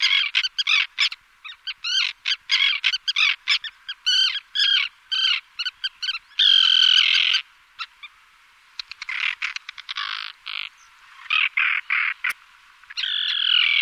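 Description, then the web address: Common tern giving harsh, grating calls in rapid bursts, a drawn-out rasping note midway, then further clipped chattering phrases after a short pause. "Cursus Vogelzang Visdief"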